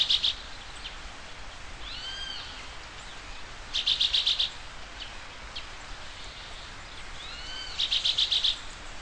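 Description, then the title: Bird song: three short bursts of rapid, high rattling notes, separated by soft, arched whistled notes, over a steady faint hiss. "LuckyPassaro Completos2Sama"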